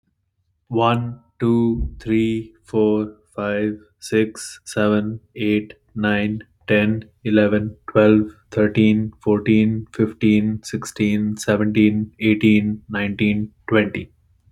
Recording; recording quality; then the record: counting at a normal pace; excellent, no background noise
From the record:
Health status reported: healthy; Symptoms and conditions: none ticked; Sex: male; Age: 24 years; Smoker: not ticked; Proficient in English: yes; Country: United States